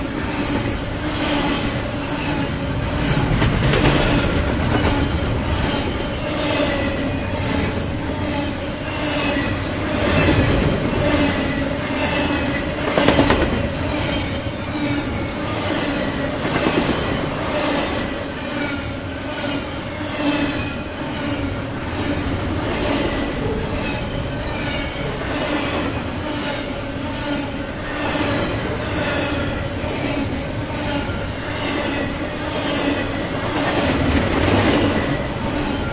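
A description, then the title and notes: A freight train rolls steadily past for the whole span, a dense continuous rumble with a rapid, regular clickety-clack of wheels over rail joints. A faint steady whine rides on top, and a sharper metallic bang stands out near thirteen seconds. Interlude: Freight Rolling Through Norway, Iowa. A freight train barreling through Norway, Iowa, something that happens about every 20 minutes or so.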